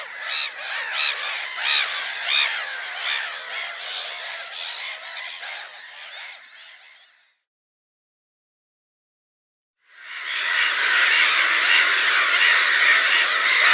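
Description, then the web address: Black-headed Gull calls, a dense chorus of harsh overlapping squawks from many birds, a silent gap near the middle, then a steady noisy wash of calling. "Schulze Peter Black-headed Gull"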